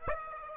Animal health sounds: mosquito wingbeat signal from an infrared sensor; Aedes aegypti

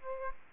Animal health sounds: mosquito wingbeat signal from an infrared sensor; Aedes aegypti

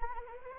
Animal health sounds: mosquito wingbeat signal from an infrared sensor; Anopheles arabiensis

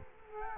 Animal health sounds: mosquito wingbeat signal from an infrared sensor; Culex quinquefasciatus

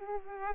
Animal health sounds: mosquito wingbeat signal from an infrared sensor; Culex pipiens

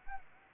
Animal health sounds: mosquito wingbeat signal from an infrared sensor; Anopheles arabiensis

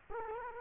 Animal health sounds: mosquito wingbeat signal from an infrared sensor; Culex quinquefasciatus

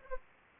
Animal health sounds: mosquito wingbeat signal from an infrared sensor; Anopheles arabiensis

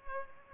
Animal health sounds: mosquito wingbeat signal from an infrared sensor; Culex pipiens

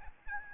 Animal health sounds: mosquito wingbeat signal from an infrared sensor; Aedes albopictus

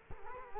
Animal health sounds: mosquito wingbeat signal from an infrared sensor; Culex quinquefasciatus

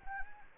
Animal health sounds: mosquito wingbeat signal from an infrared sensor; Anopheles arabiensis

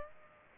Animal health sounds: mosquito wingbeat signal from an infrared sensor; Aedes aegypti

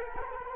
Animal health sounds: mosquito wingbeat signal from an infrared sensor; Culex quinquefasciatus

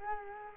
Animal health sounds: mosquito wingbeat signal from an infrared sensor; Culex quinquefasciatus

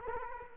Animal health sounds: mosquito wingbeat signal from an infrared sensor; Culex quinquefasciatus

